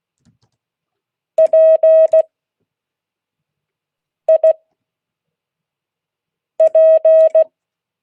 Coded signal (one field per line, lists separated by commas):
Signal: Morse code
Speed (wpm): 16 wpm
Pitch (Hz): 640 Hz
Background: none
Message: PIP